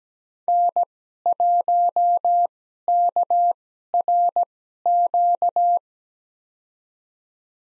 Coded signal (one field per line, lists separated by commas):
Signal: Morse code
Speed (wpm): 17 wpm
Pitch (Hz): 700 Hz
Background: none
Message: N1KRQ